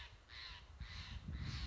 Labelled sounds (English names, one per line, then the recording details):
Steller's Jay
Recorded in Sonoma County, California